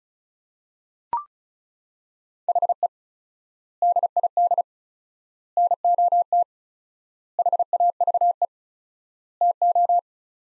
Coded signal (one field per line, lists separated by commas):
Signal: Morse code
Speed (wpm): 34 wpm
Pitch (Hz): 700 Hz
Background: none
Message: HE DID NOT HAVE TO